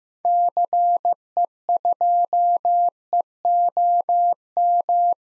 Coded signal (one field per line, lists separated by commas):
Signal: Morse code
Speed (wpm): 15 wpm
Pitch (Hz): 700 Hz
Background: none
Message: CE2EOM